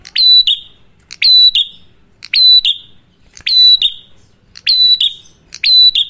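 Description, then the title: Prinia song of strident, buzzy two-part phrases repeated steadily about once a second. Loud duet of Cililin versus Kapas Tembak song by a prinia in full song; used for luring wild birds or as masteran for training cage birds. "Masteran Duet Cililin Vs Kapas Tembak. Prenjak Gacor. Ngalun Kencang, Ampuh Banget Buat Pikat Ataupun Masteran"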